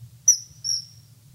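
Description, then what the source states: Common kingfisher giving two very short, thin, high whistled notes in quick succession, with a faint low hum underneath. Very short call given as it skims low over the water; often heard before it is seen.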